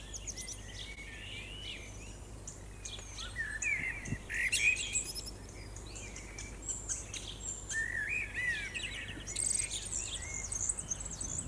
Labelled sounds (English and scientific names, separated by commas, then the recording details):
Common Blackbird (Turdus merula) song
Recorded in the wild
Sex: male
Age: adult
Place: Lübars, Berlin, DE
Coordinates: 52.6167, 13.35
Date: 2004-05-10 18:58
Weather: overcast, 19°C
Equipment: Sony WM-D6C, Sennheiser ME 80, Kopie Uher 4000 Report Monitor
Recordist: Tembrock, Günter